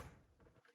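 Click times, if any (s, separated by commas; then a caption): none. An embroidery hoop is pushed with a little force onto the embroidery machine's attachment arm, giving a low rumbling scrape at the start that fades into faint sliding and shuffling sounds. Nothing has clicked or seated yet, so the hoop is not attached and the push has to be repeated.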